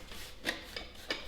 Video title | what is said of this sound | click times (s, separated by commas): Tube Guard Instructions | and it'll snap into place. There it goes. | 1.1 s